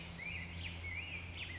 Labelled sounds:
Black-headed Grosbeak (Pheucticus melanocephalus)
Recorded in Sonoma County, California

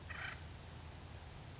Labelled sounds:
Acorn Woodpecker (Melanerpes formicivorus)
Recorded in Sonoma County, California

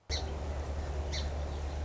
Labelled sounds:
Song Sparrow (Melospiza melodia)
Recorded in Sonoma County, California

